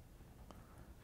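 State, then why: Not seated. The truck's wiring harness plug is handled at the connector on the back of a new Switchback sequential projector headlight for a 2009-2018 RAM 1500, before being pushed in until it locks and the red locking tab is pressed down. Low, steady background noise is heard with a brief faint tick near 0.5 s. Nothing has seated or clicked yet.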